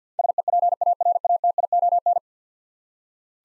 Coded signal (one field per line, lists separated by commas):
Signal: Morse code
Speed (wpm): 52 wpm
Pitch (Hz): 700 Hz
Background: none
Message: SEPARATION